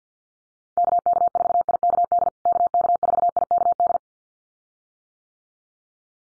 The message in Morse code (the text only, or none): KK4IKD KK4IKD